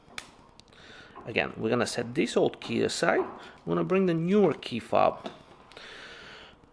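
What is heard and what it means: A metal emergency key blade is slid back into a plastic Mercedes-Benz key fob housing without tools, giving a loud, sharp click at 0.2 s as it seats. Someone then talks for the rest of the clip.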